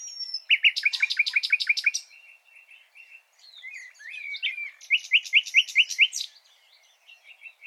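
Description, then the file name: Common nightingale song: two bursts of rapid, repeated loud notes separated by softer chattering phrases, ending in quiet twitters. "Luscinia megarhynchos"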